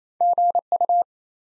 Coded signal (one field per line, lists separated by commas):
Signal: Morse code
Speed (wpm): 27 wpm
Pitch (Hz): 700 Hz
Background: none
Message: GU